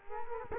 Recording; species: mosquito wingbeat signal from an infrared sensor; Culex quinquefasciatus